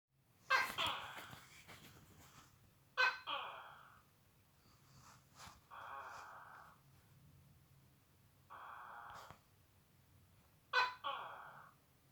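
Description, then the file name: Gecko calling repeatedly, each call a harsh burst followed by a nasal harmonic tail, about five calls spread irregularly over twelve seconds. "gekon"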